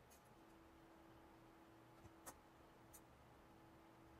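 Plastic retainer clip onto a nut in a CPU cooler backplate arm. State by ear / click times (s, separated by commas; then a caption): not seated / none. A plastic retainer clip is handled over a nut in a CPU cooler backplate arm while the remaining mounting retainers are being fitted. A steady low hum runs throughout, with a few faint ticks of handling around 2.1, 2.3 and 2.9 seconds. Nothing has seated or clicked into place yet.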